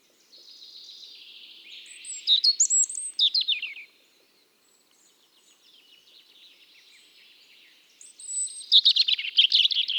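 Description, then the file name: European robin song with a soft thin warbling start, then loud high whistles and tumbling notes, a pause, and a dense twittering phrase at the end. "Erithacus rubecula"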